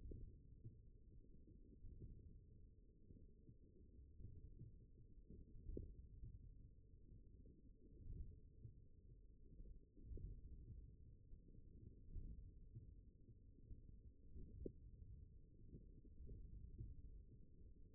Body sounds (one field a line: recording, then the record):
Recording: forearm muscle sounds (acoustic myography)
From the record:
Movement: wrist flexion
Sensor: system 1, eight BSWA MPA416 microphones around the upper forearm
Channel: 7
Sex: male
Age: 42 years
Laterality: right